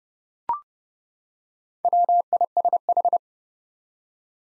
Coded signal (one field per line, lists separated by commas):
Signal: Morse code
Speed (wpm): 30 wpm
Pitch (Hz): 700 Hz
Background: none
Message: WISH